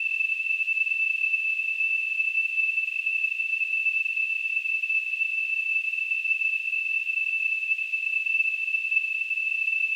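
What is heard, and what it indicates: A steady, unbroken high-pitched tone with a thin hiss around it holds unchanged for the full ten seconds, with no other sound. It is a simulation of tinnitus, the ringing or whistling a person hears without any outside source.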